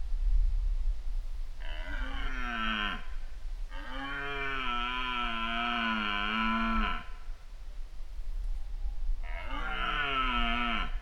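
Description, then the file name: Red deer roars: three harmonic bellows, a short one, then a long wavering call of about three seconds, then another roar, over constant low rumble. Mating season, September, in Poland. "Roaring Deer Mating Season In Poland September"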